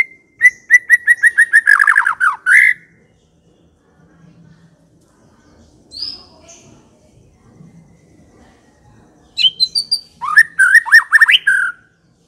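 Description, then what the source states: White-rumped shama song: a quick run of repeated whistled notes, a long quiet stretch with faint low background sound, then another burst of varied whistles. Long-duration song used as a lure (pikat) for attracting birds.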